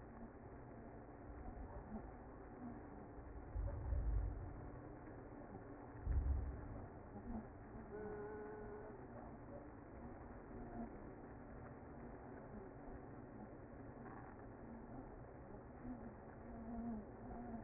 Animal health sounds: honeybee colony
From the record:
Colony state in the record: active

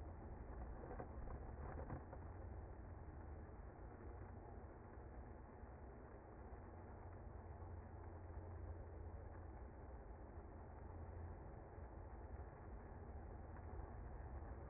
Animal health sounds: honeybee colony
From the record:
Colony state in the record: active

